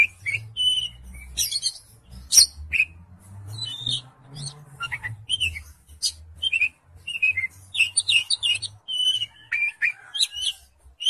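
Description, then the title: Oriental magpie-robin song: a rapid, varied stream of high chirps, squeaks and whistled notes in quick phrases, over a steady low hum. "Kacer"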